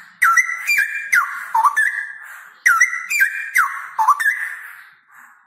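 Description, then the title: Straw-headed bulbul song: two loud bubbling phrases of slurred whistles that rise, dip and roll, delivered back to back. Male bird, singing often (gacor) with a loud voice and long rolling trills; recording used as masteran, audio to train other birds. "GILEEE Cucak ROWO Jantan GACOR Suara Lantang ROoo EL Panjang"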